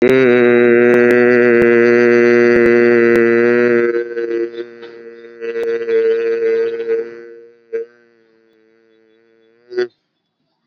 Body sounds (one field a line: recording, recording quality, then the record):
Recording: sustained vowel as in made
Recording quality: excellent, no background noise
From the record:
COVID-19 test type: RT-PCR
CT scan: not taken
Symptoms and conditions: none ticked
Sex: male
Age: 29 years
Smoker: yes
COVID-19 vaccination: both doses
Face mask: worn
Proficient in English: yes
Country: India